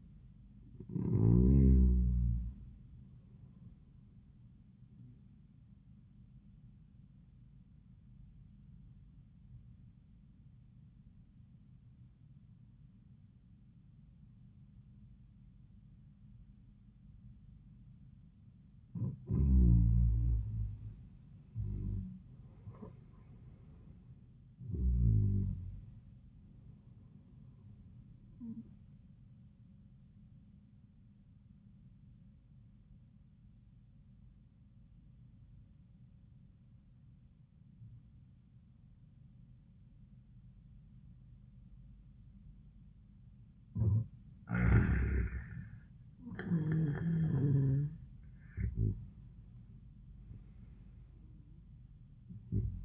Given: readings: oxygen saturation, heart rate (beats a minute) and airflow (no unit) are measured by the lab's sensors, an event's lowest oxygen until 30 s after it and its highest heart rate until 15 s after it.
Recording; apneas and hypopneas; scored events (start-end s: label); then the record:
breathing in sleep by a smartphone at the bedside; 2
6.00-19.70 s: obstructive apnea (N1, oxygen 96% highest, then 87% lowest)
31.00-45.60 s: obstructive apnea (N1, oxygen 95% highest, then 87% lowest, heart rate 85 at the start, 88 highest)
From the record:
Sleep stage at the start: N1 (lightest sleep); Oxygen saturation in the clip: 87 to 96%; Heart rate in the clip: 83 to 94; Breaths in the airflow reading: 6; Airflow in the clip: -20.7 to 15.8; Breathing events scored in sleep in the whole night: 400 in 8.7 hours asleep